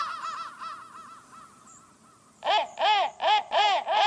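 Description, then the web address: Crow cawing, a few softer caws first, then five loud harsh caws spaced about a third of a second apart. "soundfactory crow"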